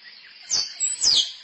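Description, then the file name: Squirrel chirps: two high, falling squeaks about half a second apart, the second longer and drawn out. Female squirrel calling for a mate. "tieng soc cai keu ban tinh"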